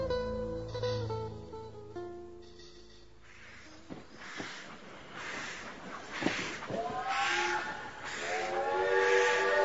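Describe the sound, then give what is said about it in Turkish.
The whistle of a waiting train at a railway station sounds a long, layered tone, then gives way to loud bursts of hissing steam before the whistle swells back up, rising in pitch. No one speaks. “Gardım şimdi. Tren bekliyor.”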